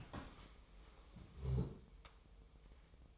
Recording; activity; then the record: daily activity, microphone in the room; stand up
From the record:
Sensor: 1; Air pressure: 1005.1 hPa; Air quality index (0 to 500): 124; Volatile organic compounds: 5 ppm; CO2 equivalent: 1736 ppm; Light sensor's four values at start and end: 11/27/11/12 and 11/26/11/11